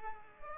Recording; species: mosquito wingbeat signal from an infrared sensor; Culex pipiens